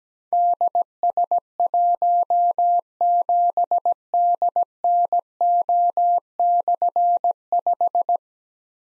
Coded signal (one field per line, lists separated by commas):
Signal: Morse code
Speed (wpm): 17 wpm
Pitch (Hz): 700 Hz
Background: none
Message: DS17DNO/5